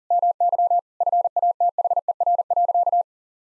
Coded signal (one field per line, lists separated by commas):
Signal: Morse code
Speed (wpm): 37 wpm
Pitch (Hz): 700 Hz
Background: none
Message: MY FATHER.